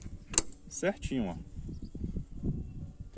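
A wooden farm gate, already hammered into place, is swung closed against its post and latch, and a sharp knock at 0.4 s marks it going home into its seat. Someone talks afterward. The gate is seated, fitting snugly and just right.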